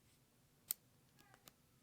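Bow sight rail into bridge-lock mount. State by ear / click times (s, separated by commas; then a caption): seated / 0.7 s. A bow sight's rail is slid down onto the top of a bridge-lock mount and clicks into place at 0.7 s with a sharp, bright snap. A few fainter ticks and taps follow around 1.2 to 1.5 s, and the rail is locked into the mount.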